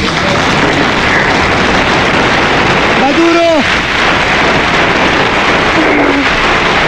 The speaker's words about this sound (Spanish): por favor, señoras y señores, me le dan un aplauso todo el pueblo antioqueño. Por favor, levantémonos.